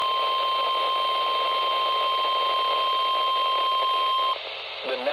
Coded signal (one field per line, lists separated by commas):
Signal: Emergency Alert System (SAME) tones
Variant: 1050 Hz attention tone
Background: speech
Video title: SVR EAS 196